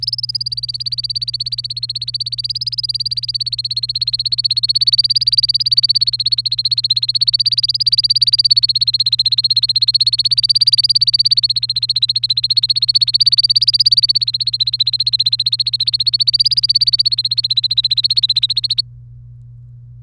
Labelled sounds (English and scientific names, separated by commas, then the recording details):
Domestic Canary (Serinus canaria) song
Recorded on 30 April 2018 at 15:22
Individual llb3